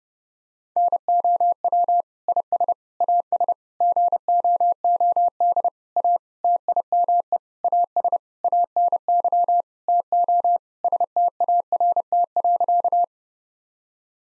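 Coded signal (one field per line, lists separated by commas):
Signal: Morse code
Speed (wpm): 30 wpm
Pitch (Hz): 700 Hz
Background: none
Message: NOW IS AS GOOD A TIME AS ANY TO START.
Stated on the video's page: Morse code sentence copying practice at 30 wpm built from common nine-word phrases; each sentence is sent in Morse, then spoken, then sent again.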